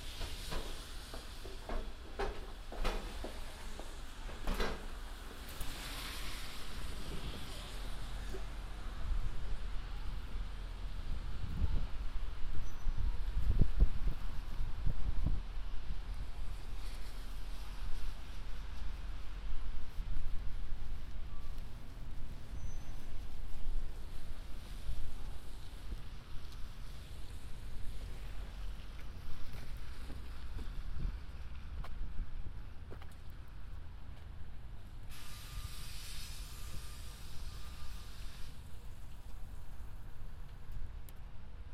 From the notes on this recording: A binaural field recording, from my studio in Sunset Park to my apartment in Harlem.